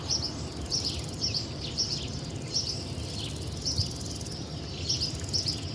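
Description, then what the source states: Crickets give bright pulsed chirps in repeated clusters over a low steady background noise. Nature ambience recorded in Spain.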